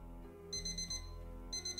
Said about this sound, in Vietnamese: 12 giờ đêm, tiếng chuông báo thức từ điện thoại vang lên đánh thức Giang.